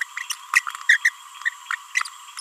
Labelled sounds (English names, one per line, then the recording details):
Green-rumped Parrotlet babbling
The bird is a female
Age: 31 days
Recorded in a nest box in Venezuela
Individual 17B42A2